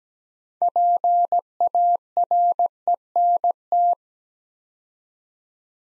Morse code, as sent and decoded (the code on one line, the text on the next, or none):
.--. .- .-. . -. -
PARENT